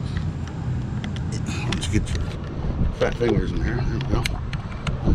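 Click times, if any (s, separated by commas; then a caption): 4.5 s, 4.9 s. Someone talks while a small plastic access cover in the door trim panel of a Honda CR-V is pushed back into its opening during window regulator and motor work. Sharp snaps at 4.5 s and 4.9 s mark the cover seating in place.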